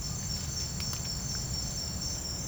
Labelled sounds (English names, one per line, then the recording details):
none
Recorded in secondary vegetation near Puerto Asís, Putumayo, Colombia, on 19 March 2025 at 08:00
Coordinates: 0.502, -76.326
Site G100